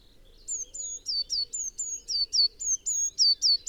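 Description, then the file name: Eurasian blue tit with a brisk string of high notes, each a thin level whistle sliding steeply down, growing louder. "Cyanistes caeruleus"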